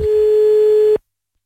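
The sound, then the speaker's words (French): A single steady telephone ringing tone as an outgoing call is placed, a pure mid-pitched hum lasting about a second at even loudness before cutting off abruptly into silence. “Maintenant, c'est parti, on y va, on appelle.”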